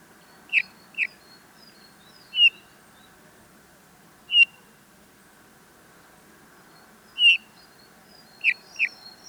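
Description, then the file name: Eurasian bullfinch calling with soft, plaintive piping notes, single or paired, spaced irregularly over nine seconds against faint background hiss and a few high thin notes. "Pyrrhula pyrrhula"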